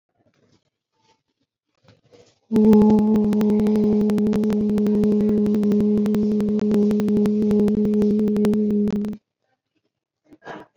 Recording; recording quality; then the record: sustained vowel as in boot; moderate, slight background noise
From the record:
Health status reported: COVID-19 positive, mild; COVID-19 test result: positive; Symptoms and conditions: breathing difficulty, fatigue, hypertension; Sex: female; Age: 62 years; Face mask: not worn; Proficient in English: yes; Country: India